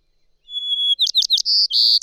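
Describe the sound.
Bird song begins with a steady high whistle, followed by a fast run of sharp chirps and two buzzy trills.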